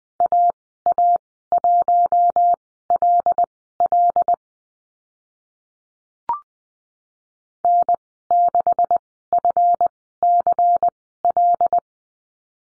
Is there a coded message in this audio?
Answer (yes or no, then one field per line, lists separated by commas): yes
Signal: Morse code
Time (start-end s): 0.2-11.8 s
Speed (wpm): 20 wpm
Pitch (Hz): 700 Hz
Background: none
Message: AA1LL N6FCL